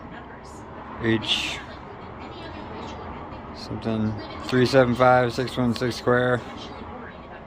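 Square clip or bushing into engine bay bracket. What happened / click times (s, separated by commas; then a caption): The small square clip is handled but has not yet seated / none. A square clip or bushing is handled at an engine bay bracket during a throttle body and intake rebuild on an EF Civic sedan. Someone talks over a low background rumble, with a brief hiss near 1 s. Nothing has seated or clicked yet.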